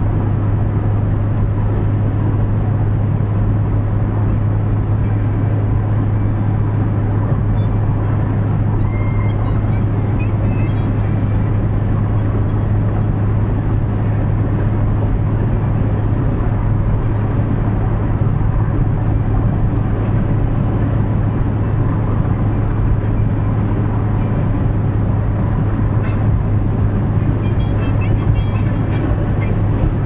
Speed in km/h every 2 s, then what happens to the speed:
119, 120, 120, 120, 119, 119, 120, 120, 121, 121, 121, 121, 120, 119, 118.
0-30 steady at about 120.